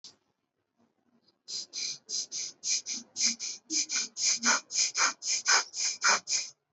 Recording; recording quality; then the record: shallow breathing; excellent, no background noise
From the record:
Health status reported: healthy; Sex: male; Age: 54 years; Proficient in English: yes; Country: India